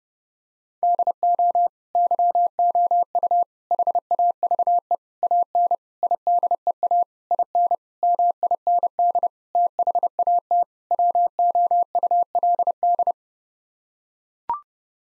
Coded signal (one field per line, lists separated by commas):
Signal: Morse code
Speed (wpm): 30 wpm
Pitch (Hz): 700 Hz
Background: none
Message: DO YOU HAVE AN IDEA IN MIND THAT WOULD